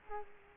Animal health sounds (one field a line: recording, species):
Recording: mosquito wingbeat signal from an infrared sensor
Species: Culex quinquefasciatus